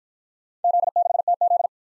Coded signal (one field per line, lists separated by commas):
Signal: Morse code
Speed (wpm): 51 wpm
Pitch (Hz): 700 Hz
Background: none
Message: Z6TZ